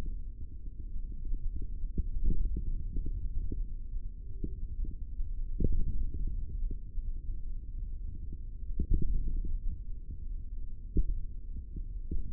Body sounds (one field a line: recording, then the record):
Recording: forearm muscle sounds (acoustic myography)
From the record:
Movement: hand opening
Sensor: system 3, bracelet of six PUI Audio POM-2738L microphones around the upper forearm, with dedicated amplification and filtering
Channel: 5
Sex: male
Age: 23 years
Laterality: right